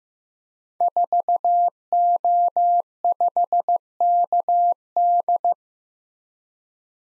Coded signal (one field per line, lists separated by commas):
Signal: Morse code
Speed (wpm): 16 wpm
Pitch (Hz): 700 Hz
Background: none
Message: 4O5KD